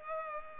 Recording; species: mosquito wingbeat signal from an infrared sensor; Culex pipiens